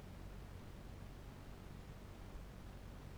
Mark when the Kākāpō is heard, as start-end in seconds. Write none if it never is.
none